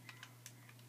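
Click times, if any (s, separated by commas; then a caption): none. Someone tries to pop the plastic head of a Power Rangers Samurai Megazord (Nippon Edition, Shinken-Oh) transforming toy robot into its socket, producing four short, light plastic ticks at about 0.1, 0.2, 0.5 and 0.7 seconds over a steady low hum. The head does not go in, and nothing has seated or clicked yet.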